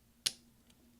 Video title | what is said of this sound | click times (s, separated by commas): DELETE Key Replace mid-2010 13 inch Macbook Pro 1278 2.66 GHz MC375 Type J | you hear a little click now | 0.3 s